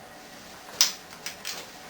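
An ICON Airflow extractor fan's plastic casing is twisted anti-clockwise in its twist-lock wall mount after its screw has been loosened further. The twist-lock gives a sharp click at 0.8 s, followed by two fainter clicks around 1.3 s and 1.5 s. The casing is released and rotates a little way out of its locked position.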